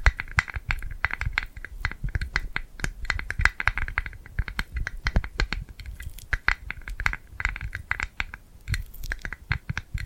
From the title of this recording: Tingly Glued Hand Sounds